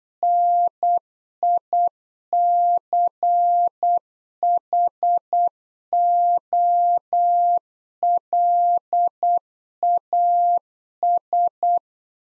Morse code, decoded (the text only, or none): NICHOLAS